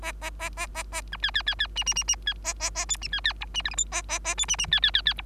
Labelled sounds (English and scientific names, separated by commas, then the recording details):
Bengalese Finch (Lonchura striata domestica) song
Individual Bird3